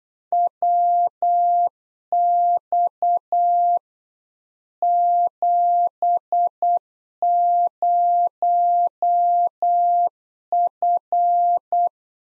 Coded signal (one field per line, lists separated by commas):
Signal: Morse code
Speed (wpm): 8 wpm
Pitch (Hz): 700 Hz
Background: none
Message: WX 70F